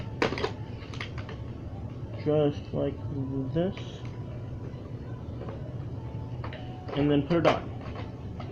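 A plastic part is handled and brought to the body of a Shark Rotator Professional Lift-Away vacuum, with sharp plastic knocks and taps near 0.2, 1.0, 6.4 and 8.4 s while someone talks in between. The clip ends on a sharp hit, and nothing has seated or clicked yet.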